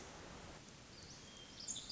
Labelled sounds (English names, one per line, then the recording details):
Pacific Wren
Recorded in Sonoma County, California